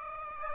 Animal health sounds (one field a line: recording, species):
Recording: mosquito wingbeat signal from an infrared sensor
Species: Aedes aegypti